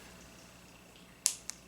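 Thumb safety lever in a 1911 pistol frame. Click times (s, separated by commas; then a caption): 1.3 s, 1.5 s. The steel thumb safety lever on a TISAS Tank Commander nickel-plated .45 ACP 1911 pistol is worked close to the microphone, with its spring plunger detent engaging. Over a quiet background, a sharp, crisp click sounds at 1.3 s, followed by a smaller click at 1.5 s. The safety seats with a good, positive detent click.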